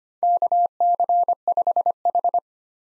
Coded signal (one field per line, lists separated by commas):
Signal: Morse code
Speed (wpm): 25 wpm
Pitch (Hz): 700 Hz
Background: none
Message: KC5H